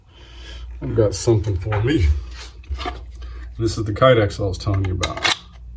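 A handmade camp-style fixed-blade knife is handled with its molded Kydex plastic sheath while someone talks, and a few faint, brief knocks are heard in between. Nothing has seated or clicked into the sheath yet.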